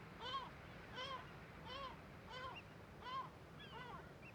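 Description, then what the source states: Gull giving a series of six harsh, nasal alarm yelps at an even pace over a steady rumble, fainter calls from other birds between. Gulls in a huge cliff cirque colony above Viðarlundin forest, Kunoy, Faroe Islands, on alert as the recordist keeps his distance; quadraphonic recording, MixPre6II with DPA 4021 and 4022 microphones.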